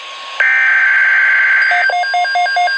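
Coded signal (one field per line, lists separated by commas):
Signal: Emergency Alert System (SAME) tones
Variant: header bursts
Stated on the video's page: Two Winter Storm Watch SAME tones received from NOAA Weather Radio.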